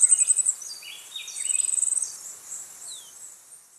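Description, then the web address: Yellow-faced grassquit with high, thin pulsed trills, mixed with lower slurred whistled notes and a short descending note near the end. Ecuador. "Birds of Ecuador Yellow-faced Grassquit"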